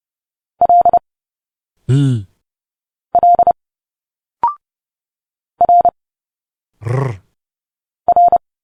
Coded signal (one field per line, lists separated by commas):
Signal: Morse code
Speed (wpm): 30 wpm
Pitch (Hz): 700 Hz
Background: none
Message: L L R R